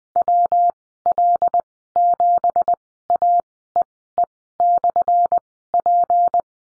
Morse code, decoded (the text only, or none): WL7AEE/P